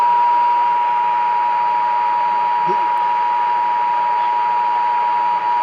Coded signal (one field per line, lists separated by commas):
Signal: Emergency Alert System (SAME) tones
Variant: 853 and 960 Hz attention tone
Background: speech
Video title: THANKSGIVING DAY EAS Alerts from 11/24/22 (EAS#50 & #58)